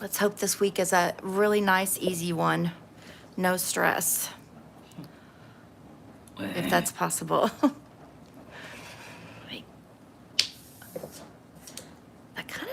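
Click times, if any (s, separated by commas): 10.4 s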